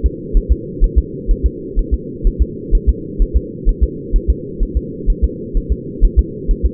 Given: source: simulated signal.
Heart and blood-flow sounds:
fetal heart sounds
0.06 s: S2
0.37 s: S1
0.52 s: S2
0.84 s: S1
0.98 s: S2
1.31 s: S1
1.46 s: S2
1.79 s: S1
1.94 s: S2
2.27 s: S1
2.42 s: S2
2.75 s: S1
2.89 s: S2
3.22 s: S1
3.37 s: S2
3.69 s: S1
3.84 s: S2
4.16 s: S1
4.30 s: S2
4.63 s: S1
4.77 s: S2
5.10 s: S1
5.24 s: S2
5.57 s: S1
5.72 s: S2
6.04 s: S1
6.19 s: S2
6.51 s: S1
6.66 s: S2
From the record:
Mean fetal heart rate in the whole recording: 130 bpm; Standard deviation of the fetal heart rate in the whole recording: 4 bpm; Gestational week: 38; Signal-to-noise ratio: -4.1 dB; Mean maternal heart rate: no maternal heart sound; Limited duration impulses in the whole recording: absent

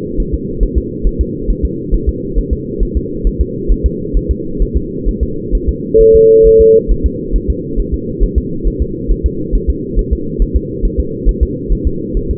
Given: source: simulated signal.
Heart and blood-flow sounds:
fetal heart sounds
0.20 s: S1
0.34 s: S2
0.63 s: S1
0.78 s: S2
1.07 s: S1
1.21 s: S2
1.50 s: S1
1.65 s: S2
1.94 s: S1
2.09 s: S2
2.38 s: S1
2.53 s: S2
2.83 s: S1
2.97 s: S2
3.27 s: S1
3.41 s: S2
3.71 s: S1
3.86 s: S2
4.17 s: S1
4.31 s: S2
4.62 s: S1
4.77 s: S2
5.08 s: S1
5.23 s: S2
5.55 s: S1
5.69 s: S2
6.01 s: S1
6.15 s: S2
6.47 s: S1
6.61 s: S2
6.91 s: S1
7.06 s: S2
7.36 s: S1
7.50 s: S2
7.80 s: S1
7.94 s: S2
8.23 s: S1
8.38 s: S2
8.67 s: S1
8.82 s: S2
9.11 s: S1
9.26 s: S2
9.55 s: S1
9.70 s: S2
9.99 s: S1
10.13 s: S2
10.42 s: S1
10.56 s: S2
10.85 s: S1
11.00 s: S2
11.29 s: S1
11.43 s: S2
11.72 s: S1
11.87 s: S2
12.17 s: S1
12.31 s: S2
From the record:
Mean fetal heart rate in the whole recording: 135 bpm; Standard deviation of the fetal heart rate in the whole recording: 3 bpm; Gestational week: 36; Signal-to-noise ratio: -6.6 dB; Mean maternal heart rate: 72 bpm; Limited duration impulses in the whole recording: present

